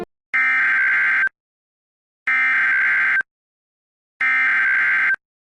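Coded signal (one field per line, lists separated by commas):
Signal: Emergency Alert System (SAME) tones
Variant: header bursts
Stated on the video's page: Fictional EAS scenario test with a repeating text script.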